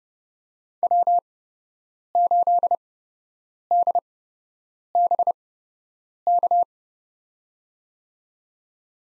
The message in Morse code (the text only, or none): W8DBK